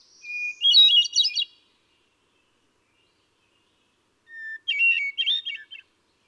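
Hermit thrush song: a clear held whistle leading into a fluty, rippling flourish, then after a long pause a second phrase starting on a lower pitch.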